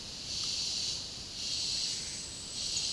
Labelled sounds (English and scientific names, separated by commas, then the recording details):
none
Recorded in dense forest near Puerto Asís, Putumayo, Colombia, on 20 February 2024 at 10:30
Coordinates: 0.503, -76.322
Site G6418